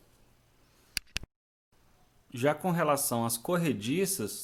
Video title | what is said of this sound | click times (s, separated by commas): Corrediças e Corrediças Telescópicas | empurrar gaveta né E aí a gente ouvir o clique de instalação e a trava sendo acionada beleza | 1.0 s, 1.2 s